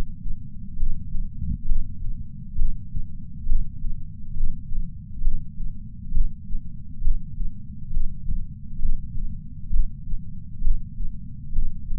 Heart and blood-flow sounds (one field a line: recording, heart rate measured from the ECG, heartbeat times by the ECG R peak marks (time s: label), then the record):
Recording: heart sounds by patch sensor on the chest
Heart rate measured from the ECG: 67 bpm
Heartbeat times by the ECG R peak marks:
0.76 s: heartbeat
1.65 s: heartbeat
2.55 s: heartbeat
3.45 s: heartbeat
4.34 s: heartbeat
5.21 s: heartbeat
6.11 s: heartbeat
7.01 s: heartbeat
7.90 s: heartbeat
8.79 s: heartbeat
9.70 s: heartbeat
10.61 s: heartbeat
11.52 s: heartbeat
From the record:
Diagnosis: coronary artery disease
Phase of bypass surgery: preoperative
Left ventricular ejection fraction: 64%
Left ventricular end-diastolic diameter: 46 mm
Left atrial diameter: 41 mm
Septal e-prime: 5 cm/s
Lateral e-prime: 6 cm/s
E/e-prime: 12.5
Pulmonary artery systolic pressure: 30 mmHg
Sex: male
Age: 62 years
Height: 165 cm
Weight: 72 kg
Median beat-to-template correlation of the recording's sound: 0.93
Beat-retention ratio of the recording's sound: 0.99